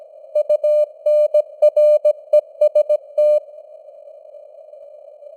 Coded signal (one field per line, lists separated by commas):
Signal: Morse code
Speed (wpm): 17 wpm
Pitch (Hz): 600 Hz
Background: none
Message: UNREST